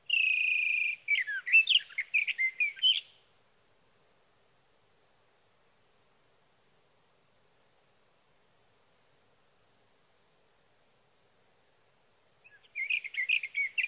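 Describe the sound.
Sage thrasher song: a sustained whistle leading into a quick warbled jumble, then about nine seconds of silence before another burst of rapid varied notes.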